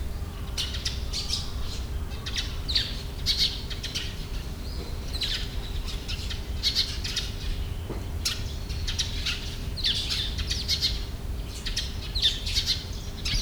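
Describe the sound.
Bird chirps, quick scratchy notes repeated in clusters every second or so throughout, over a constant low hum.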